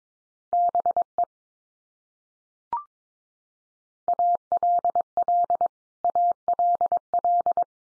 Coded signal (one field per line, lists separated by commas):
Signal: Morse code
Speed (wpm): 22 wpm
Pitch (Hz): 700 Hz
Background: none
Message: BE ALL ALL